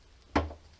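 The tab of a plastic smoked side marker indicator from an EMK kit is pushed into the fender opening of an MK4 Golf. After a quiet stretch, one sharp, loud click sounds at 0.4 s and fades quickly. The indicator is seated and locked in place.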